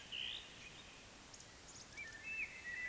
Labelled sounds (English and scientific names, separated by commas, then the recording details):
Eurasian Woodcock (Scolopax rusticola) whistle, Eurasian Woodcock (Scolopax rusticola) croak
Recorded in Baden-Württemberg, Germany, on 20 May 2021 at 19:13 UTC
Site 24606, 635 m above sea level